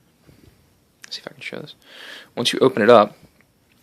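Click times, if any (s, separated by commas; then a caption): none. Someone talks while handling a Hogue EX-01 aluminum folding knife, whose plunge lock pin rides on a stainless steel insert and drops into a cutout in the blade tang to lock the blade open. Only faint handling ticks follow the speech near 3.4 s and 3.7 s. The blade is being opened, but the plunge lock has not yet snapped into place, and nothing has clicked.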